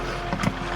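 A BYD dash camera is pushed by hand toward its slot in the overhead console mount, a step that takes a little force. A steady low hum runs throughout, with soft handling thumps around 0.3 s and 0.45 s. Nothing has seated or clicked yet.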